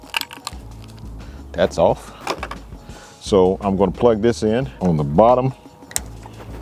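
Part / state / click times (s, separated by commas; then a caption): lighting harness plug into wiring connector on a motorcycle / seated / 6.0 s. On a Harley-Davidson motorcycle, a plastic lighting harness plug is pushed into its mating wiring connector socket on the bottom while someone talks. After a few small clicks and handling taps, a sharp click at 6.0 s shows the connector has seated.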